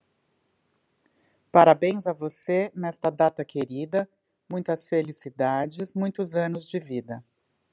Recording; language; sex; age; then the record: short text; Brazilian Portuguese; female; 50 to 59 years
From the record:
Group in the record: control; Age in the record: 52 years